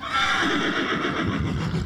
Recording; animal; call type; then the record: contact call of a hoofed animal; horse; whinny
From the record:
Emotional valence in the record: negative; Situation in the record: separation from one group member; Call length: 1.86 s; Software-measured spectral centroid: 2090 Hz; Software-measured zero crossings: 2430 a second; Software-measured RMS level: -24 dBFS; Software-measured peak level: -10 dBFS